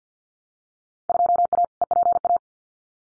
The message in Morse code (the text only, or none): 2A EPA